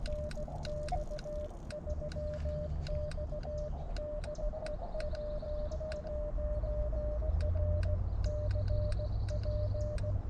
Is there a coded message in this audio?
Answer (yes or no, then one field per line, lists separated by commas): yes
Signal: Morse code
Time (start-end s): 0.1-10.1 s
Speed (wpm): 16 wpm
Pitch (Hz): 600 Hz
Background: none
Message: NX3X DE W1RCP